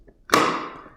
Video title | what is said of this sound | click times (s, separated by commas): Review: Nanuk 920 Case for DJI™ Air 3S Fly More Combo | You can both hear and feel that the latches are securely closed. | 0.3 s